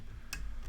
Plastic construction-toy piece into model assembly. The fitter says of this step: Locked into place. Boom.